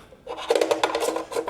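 A USB input module card is slid slowly into a DAC expansion slot along its guide rails, making rubbing and rasping scrapes with a few short sharp ticks. Nothing has seated or clicked yet.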